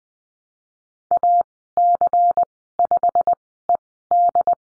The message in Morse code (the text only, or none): AC5ED